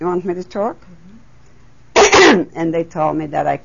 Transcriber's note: she clears her throat